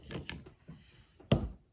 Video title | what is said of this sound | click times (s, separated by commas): MGB Restoration '64 Pt 5 Rear Suspension | there it clicked in so let's put the plates on the uh center of the spring here | 1.3 s